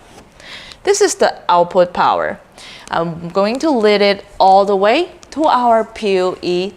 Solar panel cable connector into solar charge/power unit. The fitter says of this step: plug it in until you hear the click sound